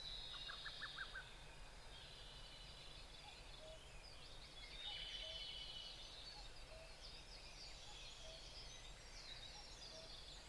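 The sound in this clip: Bird chorus: many birds calling at once, a brief run of quick chips at the start, then a soft blend of high warbling song over low rumble.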